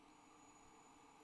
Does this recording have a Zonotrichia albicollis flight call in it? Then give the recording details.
no. No flight call is heard. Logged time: 04:50 on 8 December 2014